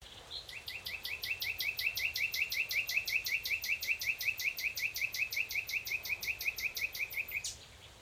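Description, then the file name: Common nightingale giving a long, fast trill of repeated notes, steadily kept up for about seven seconds before stopping abruptly. "Luscinia megarhynchos"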